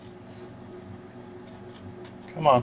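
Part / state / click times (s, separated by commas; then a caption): bottom bracket cup into bicycle frame shell / not seated / none. A bottom bracket cup is turned counterclockwise by hand against the threads of a Torpado road bike's frame shell, making faint scraping and handling noise over a low steady hum. Near the end, someone talks briefly. The thread has not caught, and nothing has seated or clicked yet.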